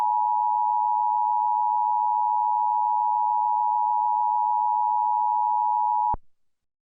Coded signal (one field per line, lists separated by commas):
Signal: Emergency Alert System (SAME) tones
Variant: 853 and 960 Hz attention tone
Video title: Eas citv